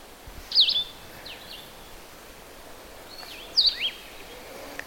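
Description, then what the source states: Vireo song: two short, slurred whistled phrases about three seconds apart, with background hiss. Coniferous woods vireo; spaces between songs much greater than in the red-eyed vireo, song said to sound like asking questions.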